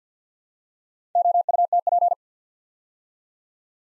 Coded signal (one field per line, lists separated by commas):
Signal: Morse code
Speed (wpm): 50 wpm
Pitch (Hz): 700 Hz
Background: none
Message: OUTP